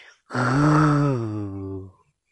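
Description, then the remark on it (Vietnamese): A single deep, beastlike growl from a throat, loud and rasping, held for almost two seconds with its low pitch slowly sinking before it cuts off. No speech accompanies it. “Cổ họng phát ra tiếng gầm gừ như dã thú”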